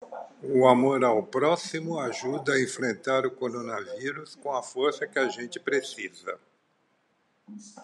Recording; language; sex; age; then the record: spoken sentence; Brazilian Portuguese; male; 60 to 69 years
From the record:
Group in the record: control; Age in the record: 67 years